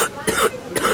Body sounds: coughing mixed with background sound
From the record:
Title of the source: 30 Chesty and wet cough

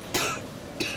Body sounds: coughing mixed with background sound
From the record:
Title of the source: 64 coughing, allergies, singing lungs

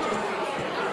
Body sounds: coughing mixed with background sound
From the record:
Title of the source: Mid-morning Winter Coughing Fit

